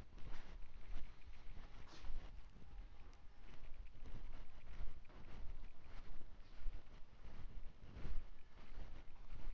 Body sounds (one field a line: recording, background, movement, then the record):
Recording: deep breathing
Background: quiet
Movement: walking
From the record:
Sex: male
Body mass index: 20.5 kg/m2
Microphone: on the chest, facing outward